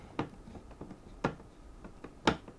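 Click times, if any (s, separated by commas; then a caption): 0.2 s, 1.2 s, 2.3 s. A screwdriver turns a spring-loaded CPU cooler mounting screw anti-clockwise on an AM4 backplate standoff, and three sharp clicks sound at 0.2, 1.3 and 2.3 seconds, with fainter ticks in between. The clicks mark the thread start dropping into alignment with the backplate thread, so the screw is seated and the threads are lined up.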